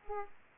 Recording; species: mosquito wingbeat signal from an infrared sensor; Aedes aegypti